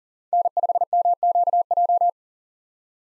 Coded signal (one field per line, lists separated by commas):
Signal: Morse code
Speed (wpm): 40 wpm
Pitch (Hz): 700 Hz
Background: none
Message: N5MQJ